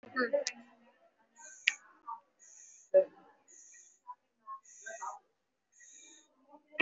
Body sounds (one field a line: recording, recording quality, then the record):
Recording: deep breathing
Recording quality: poor, much background noise or distortion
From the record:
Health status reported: respiratory illness, not identified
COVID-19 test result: negative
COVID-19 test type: RT-PCR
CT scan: not taken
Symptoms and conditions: cough, cold, breathing difficulty, fatigue, muscle pain, chronic lung disease, pneumonia, diabetes, another condition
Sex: male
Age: 55 years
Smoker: yes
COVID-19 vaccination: none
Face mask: worn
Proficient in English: no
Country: India